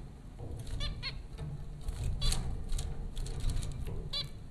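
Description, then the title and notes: Zebra finch calls: nasal, harmonic beeps given singly and in quick pairs, with rustling, taps and a constant low background hum. Four zebra finches at Popcorn School, Flatbush, Brooklyn, New York, April 15, 2009. "Dronecast No. 030: The Popcorn Finches Four from Apr 15, 2009. Zebra finches recorded by Dan Bodah at Popcorn School, Flatbush, Brooklyn NY in April 2009"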